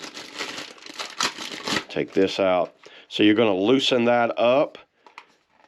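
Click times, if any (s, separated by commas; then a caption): none. Someone talks while handling a Viozon phone/tablet stand with pillow, loosening the adjuster and working the plastic holder arm toward the pillow stand's mount, with crinkling and rustling handling noise and a few sharp taps. The plastic holder arm has not yet seated or locked into the mount.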